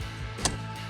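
A wedge-base front turn signal bulb from a 2011-2020 Toyota Sienna is pulled straight out of its plastic socket plug, and a single short, sharp click is heard at 0.5 s over a steady low hum. The bulb is confirmed released from the socket.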